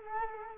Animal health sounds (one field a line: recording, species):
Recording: mosquito wingbeat signal from an infrared sensor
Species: Culex quinquefasciatus